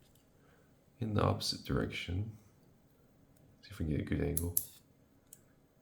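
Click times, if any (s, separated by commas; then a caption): 5.3 s. Someone talks while working a small plastic mechanism in the turret of a 1/12 scale Panzer IV tank model kit, turning it the opposite way to find the right angle. At 5.3 s, the part snaps and locks into place with a sharp click.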